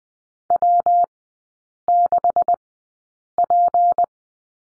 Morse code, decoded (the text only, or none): W6P